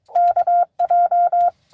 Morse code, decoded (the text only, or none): KJ